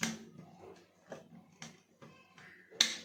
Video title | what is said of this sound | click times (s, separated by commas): Concealed Cistern flush valve replacement - Concealed Flush tank repair | अब ये lock हो गया फ्रेंड्स। | 2.8 s